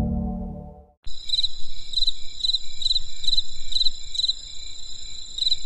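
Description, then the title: Insect chirps begin after a second of a low tonal sound, then repeated pulsed chirps over a constant high-pitched ringing. Crisp insect sounds on a winter night in the countryside. "There was a crisp sound of insects in the winter night. Come and experience a sound therapy feast from the countryside"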